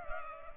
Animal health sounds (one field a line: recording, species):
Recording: mosquito wingbeat signal from an infrared sensor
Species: Culex pipiens